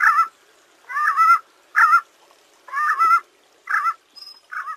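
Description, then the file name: Collared puffbird song in separate bursts of harsh, honking double notes with short pauses between phrases. "Canto do rapazinho de colar"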